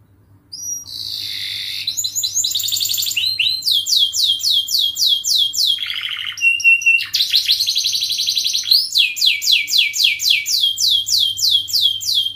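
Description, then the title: Canary song as a continuous, fast stream of varied trills and repeated sweeping notes, including a lower warbled phrase midway; faint hum underneath. Canary singing nonstop ('gacor') with elaborate 'cengkok' phrasing and rich 'isian' fill, for training birds. "Kenari Gacor Cengkok Terbaik Isian Paling Mewah Kenari"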